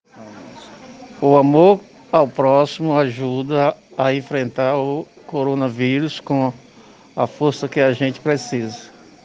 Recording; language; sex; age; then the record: spoken sentence; Brazilian Portuguese; male; 50 to 59 years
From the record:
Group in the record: respiratory insufficiency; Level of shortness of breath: 5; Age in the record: 52 years